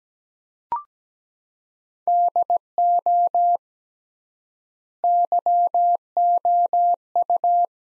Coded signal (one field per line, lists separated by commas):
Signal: Morse code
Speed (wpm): 17 wpm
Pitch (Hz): 700 Hz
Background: none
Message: DO YOU